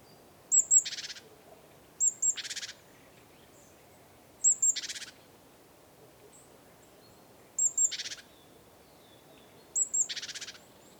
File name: Parus major